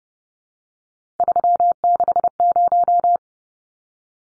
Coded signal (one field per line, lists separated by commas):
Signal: Morse code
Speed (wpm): 30 wpm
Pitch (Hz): 700 Hz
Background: none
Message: 360